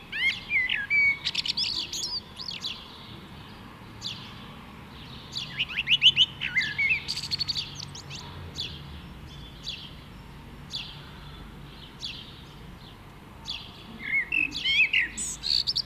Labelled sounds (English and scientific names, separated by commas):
Common Blackbird (Turdus merula) song